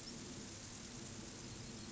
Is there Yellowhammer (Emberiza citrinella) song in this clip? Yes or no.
no